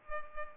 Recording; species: mosquito wingbeat signal from an infrared sensor; Culex pipiens